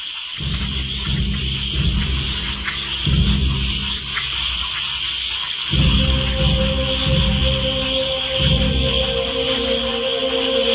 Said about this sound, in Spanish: Las ranas están tocando su melodía favorita. Algunas ranas son venenosas, pero el murciélago de labio verrugoso sabe distinguir la llamada de la cena del clamor de la muerte.